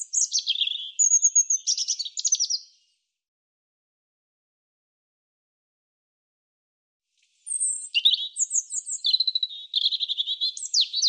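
European robin singing varied high-pitched phrases of rapid warbles, clear thin whistles and fast trills, with a long silent gap before the next tumbling phrase.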